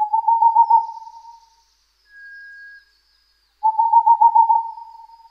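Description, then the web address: Boreal owl: rapid runs of hollow hoots, with a thin, higher, steady whistled tone in the gap between them. "kinmefukurou"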